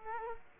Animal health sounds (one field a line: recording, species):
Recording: mosquito wingbeat signal from an infrared sensor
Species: Culex quinquefasciatus